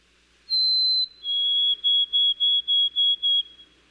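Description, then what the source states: White-throated sparrow song: a long pure whistle, then a slightly lower held note, followed by several evenly spaced whistled notes on one steady pitch. In many areas white-throated sparrows have shortened their songs within a few decades.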